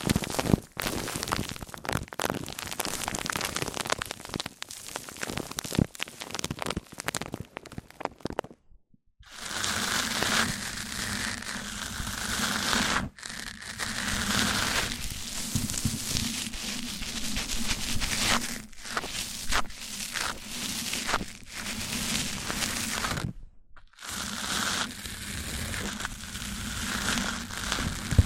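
Mic-on-mic triggers: dense crackling and crinkly rubbing with quick clicks fill the first nine seconds. After a brief silence, a steadier, fuller scraping takes over with a low hum under it, broken by short pauses near 13, 18 and 24 seconds.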